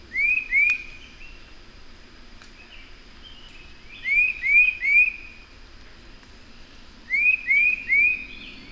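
Bird song: sets of two or three rising whistled notes at intervals of a few seconds, fainter whistles in between, over quiet background noise.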